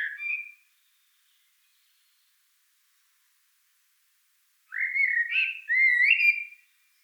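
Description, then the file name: Common blackbird song: the end of one fluted phrase, a few seconds of silence, then a fresh mellow warbling phrase of two rising whistled parts. "Turdus merula"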